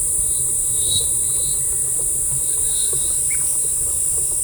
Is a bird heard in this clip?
no